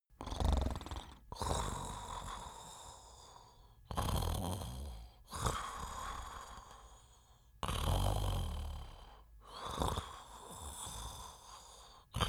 Male sleep snore calm.